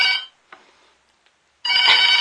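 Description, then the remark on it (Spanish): A telephone in a radio studio booth rings in two loud electronic bursts, bright and tonal with dense harmonics, separated by a short near-silent gap holding faint clicks. “Teléfono en cabina.”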